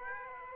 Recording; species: mosquito wingbeat signal from an infrared sensor; Aedes aegypti